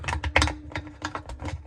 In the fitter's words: Heard that click. That's back in.